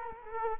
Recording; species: mosquito wingbeat signal from an infrared sensor; Culex quinquefasciatus